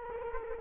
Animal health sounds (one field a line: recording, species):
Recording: mosquito wingbeat signal from an infrared sensor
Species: Culex quinquefasciatus